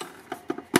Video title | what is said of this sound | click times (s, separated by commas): AMAZING RC CAR - HG P408 US MILITARY HUMVEE Upgraded Version - PART 1 | it locks into place and you can get here as well on the rewind let's have a look inside there go | 0.8 s